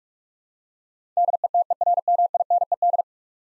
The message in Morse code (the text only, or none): DETERMINED